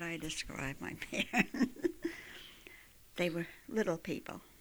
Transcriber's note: she laughs